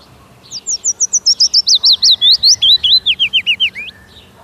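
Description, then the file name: Willow warbler singing one clear descending phrase of soft, slurred whistles that drops in pitch over about three seconds. "Piecuszek"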